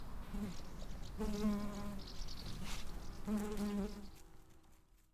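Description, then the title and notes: Bumblebee buzzing in two strong drawn-out passes, a low droning hum that swells and fades over about a second each, with quieter buzzing between and a faint bird chirp. Bumblebees on lavender flowers in the courtyard of a parish house, Branišov, Ústí, Czechia. "Branišov 7, 588 42 Ústí, Czechia - čmeláci na květech. Čmeláci na květech levandule na dvoře fary"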